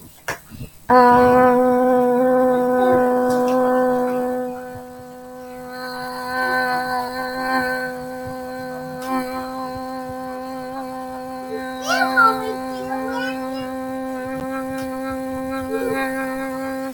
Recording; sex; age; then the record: vowel held as long as possible; female; 30 to 39 years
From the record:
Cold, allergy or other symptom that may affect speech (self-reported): no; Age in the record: 34 years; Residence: Florida, United States